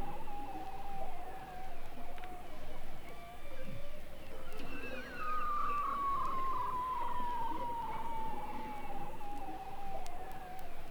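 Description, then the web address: Beluga whale whistles: a steady tone that dips, then a bright whistle sliding gradually downward for several seconds, with softer overlapping tones and constant water noise. Several belugas recorded in the Arctic. "Avant Garde Project Whale Arctic Belugas"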